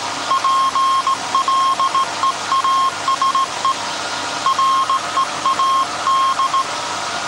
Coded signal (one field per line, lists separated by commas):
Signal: Morse code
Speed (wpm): 18 wpm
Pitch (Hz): 1070 Hz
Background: none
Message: PLEASE READ